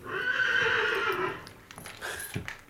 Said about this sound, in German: Drüben in der Reihe hat das dritte Pferd gewiehert.